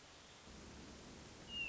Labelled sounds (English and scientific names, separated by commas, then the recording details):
Hermit Thrush (Catharus guttatus)
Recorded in Sonoma County, California